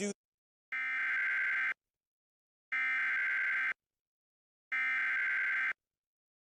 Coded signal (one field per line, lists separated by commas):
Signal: Emergency Alert System (SAME) tones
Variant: header bursts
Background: speech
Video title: [EAS #3-#17] How to start 2024.....